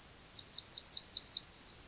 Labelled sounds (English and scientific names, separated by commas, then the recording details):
Yellowhammer (Emberiza citrinella) song
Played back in grassland
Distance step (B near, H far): B
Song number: 102